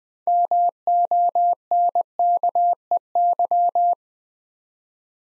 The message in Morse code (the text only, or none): MONKEY